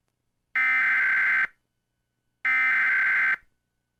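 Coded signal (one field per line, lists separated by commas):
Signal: Emergency Alert System (SAME) tones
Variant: header bursts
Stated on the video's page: Mock severe thunderstorm warning for Guam; may be inaccurate.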